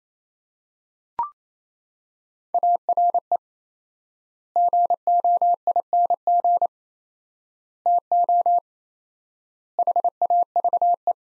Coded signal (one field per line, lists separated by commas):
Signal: Morse code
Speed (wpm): 28 wpm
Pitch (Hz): 700 Hz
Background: none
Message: ARE GOING TO HAVE